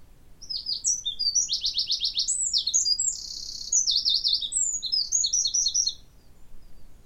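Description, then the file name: Eurasian wren delivering an energetic, very high-pitched song packed with fast rattling trills and bright twitters, lasting nearly six seconds over faint low background noise. Recorded 29 October 2019. "Troglodytes troglodytes 191029"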